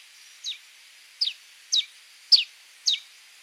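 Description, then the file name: Helmeted manakin song: five thin, downward-slurred notes with irregular gaps between them, set against a quiet background hiss. "Canto do soldado de crista vermelha"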